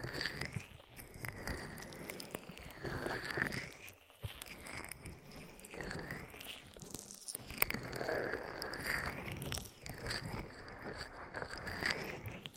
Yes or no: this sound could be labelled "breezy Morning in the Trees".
no